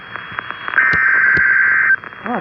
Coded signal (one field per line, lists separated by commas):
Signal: Emergency Alert System (SAME) tones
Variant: header bursts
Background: speech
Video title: EAS Alert #60: Flash Flood Warning for Chesire, Hillsborough and Sullivan Counties in New Hampshire.